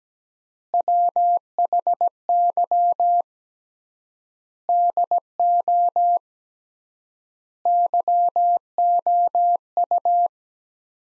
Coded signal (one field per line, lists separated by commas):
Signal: Morse code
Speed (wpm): 17 wpm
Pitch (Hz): 700 Hz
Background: none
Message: WHY DO YOU